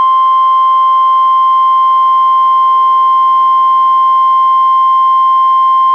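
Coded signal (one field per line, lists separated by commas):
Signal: Emergency Alert System (SAME) tones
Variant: 1050 Hz attention tone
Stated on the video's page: Two NOAA Weather Radio required weekly tests, received on a Reecom R-1630 weather radio and recorded through a Zoom H1 recorder.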